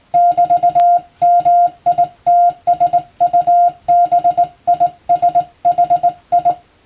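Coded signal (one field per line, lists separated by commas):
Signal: Morse code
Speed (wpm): 20 wpm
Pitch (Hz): 700 Hz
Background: none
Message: <BT>MITSUBISHI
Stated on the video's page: Hand-keyed Morse code practice for the Japanese radio operator exam's telegraphy test, sending English-language telegram-format practice text.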